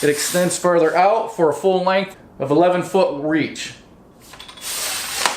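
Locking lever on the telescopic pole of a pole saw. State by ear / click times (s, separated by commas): seated / 5.3 s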